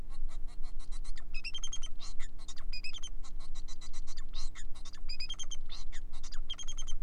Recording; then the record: song of a male Bengalese finch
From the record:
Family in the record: son of father 4